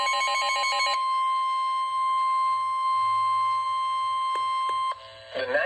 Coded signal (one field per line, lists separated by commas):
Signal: Emergency Alert System (SAME) tones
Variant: 1050 Hz attention tone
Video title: EAS #375 (Severe Thunderstorm Warning)